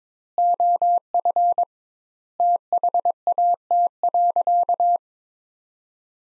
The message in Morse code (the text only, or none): OF THAT.